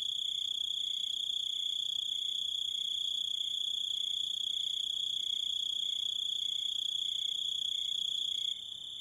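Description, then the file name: Grasshopper chirps: a sustained shrill tone with short pulses repeating regularly, dropping in level at the close. "zvuki kuznechika"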